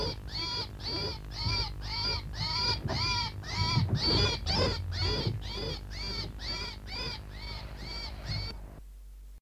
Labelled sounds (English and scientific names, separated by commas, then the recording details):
European Starling (Sturnus vulgaris) alarm call
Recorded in the wild
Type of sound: alarm call
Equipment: Halbspur, 9,5 cm/s
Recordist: Lütgens, Hans
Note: Alarmruf des Stars